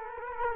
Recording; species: mosquito wingbeat signal from an infrared sensor; Culex quinquefasciatus